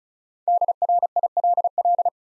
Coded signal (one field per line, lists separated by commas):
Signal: Morse code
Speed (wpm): 36 wpm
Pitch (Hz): 700 Hz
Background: none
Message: DRILL